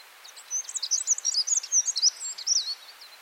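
Black-throated accentor, a quick scratchy twitter of high notes lasting a couple of seconds.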